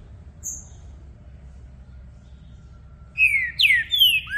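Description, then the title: Green-winged saltator song: after a long quiet stretch, a few loud sweeping whistles arrive near the end. Recording played to warm up a trinca-ferro for a singing contest, varying through several song types, meant to open up the bird's song. "Trinca Ferro VALENTE! VIRANDO VARIOS TIPOS DE CANTOS!! Melhor para ABRIR O CANTO!!"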